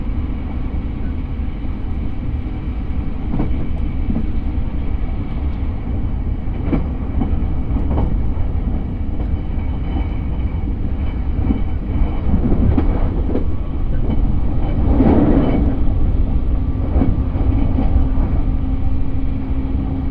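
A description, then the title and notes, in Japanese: A train ride recorded on board: a constant low rumble of wheels and motor fills the whole stretch, with nothing above a muffled mid range. Faint clacks and bumps recur every second or two, and a brief rising whine swells around fifteen seconds. 鉄道旅 佐賀→博多→中洲川端→呉服町。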